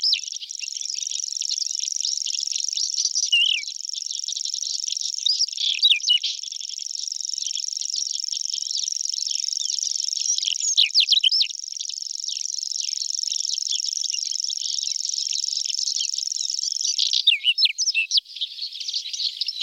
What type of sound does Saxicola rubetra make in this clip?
song